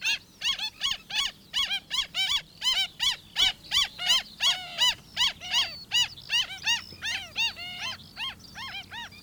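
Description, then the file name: Black stilt giving a rapid series of sharp, harmonic yapping notes, around three per second. "black stilt"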